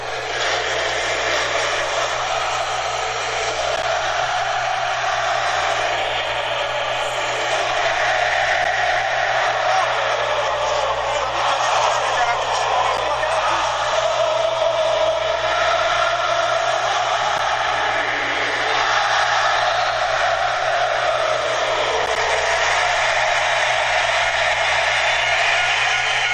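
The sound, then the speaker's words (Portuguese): The French national anthem rings out in an arena at the Paris 2024 Olympics after France's win over Brazil in men's basketball, carried by a dense, loud wash of massed crowd voices that stays steady and continuous throughout, with no clear instruments standing out. “Esse é o hino da França que está sendo tocado, né?”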